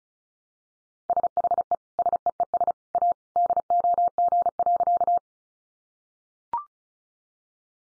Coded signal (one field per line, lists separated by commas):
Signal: Morse code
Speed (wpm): 34 wpm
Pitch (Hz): 700 Hz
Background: none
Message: SHE SEES A DOG.